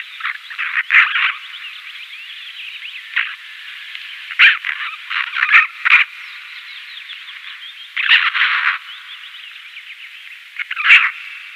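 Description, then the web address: Eurasian magpie song, a run of rasping chatter bursts every few seconds, mixed with softer, squeaky twittering notes between them. "Schulze Peter Eurasian Magpie song"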